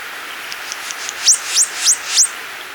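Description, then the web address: Tit-like dacnis making four thin, sharply rising high notes about a third of a second apart, after a few faint soft pips. Recorded in Ecuador. "Birds of Ecuador Tit-Like Dacnis"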